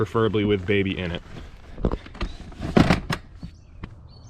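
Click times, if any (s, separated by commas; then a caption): 2.8 s, 3.1 s. Someone talks as an infant car seat carrier is lowered onto its installed base in the back seat of an 8th-generation (2006-2011) Honda Civic Sedan and pushed down, with a few soft knocks and rustles. Two sharp clicks at 2.8 s and 3.1 s mark both latches engaging, and the carrier is seated in its base.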